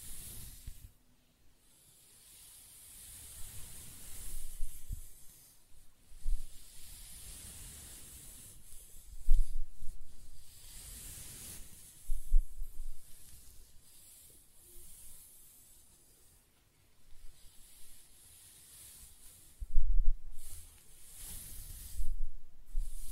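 Close-up hair sounds: repeated scratching and brushing strokes, each a soft hissing rasp with a low thump underneath. Strokes come irregularly every second or two, with louder bursts near 9, 12, 20 and 22 seconds and quiet gaps between.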